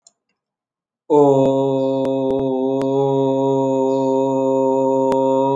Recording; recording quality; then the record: sustained vowel as in boot; excellent, no background noise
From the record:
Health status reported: exposed to COVID-19, no respiratory illness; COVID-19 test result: negative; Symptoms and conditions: cough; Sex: male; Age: 48 years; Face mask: not worn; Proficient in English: yes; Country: India